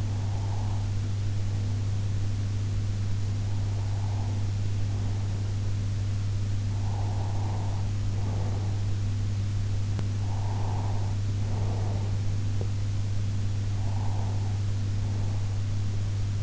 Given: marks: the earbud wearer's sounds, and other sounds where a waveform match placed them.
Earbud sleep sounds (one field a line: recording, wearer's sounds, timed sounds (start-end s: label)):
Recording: sounds in sleep by an in-ear microphone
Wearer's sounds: breath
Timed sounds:
0.00-2.42 s: breath
3.54-5.82 s: breath
6.71-9.14 s: breath
9.99-12.56 s: breath
13.68-15.97 s: breath